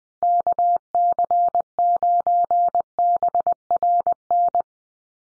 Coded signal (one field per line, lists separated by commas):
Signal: Morse code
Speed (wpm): 20 wpm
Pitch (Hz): 700 Hz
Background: none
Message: KC9BRN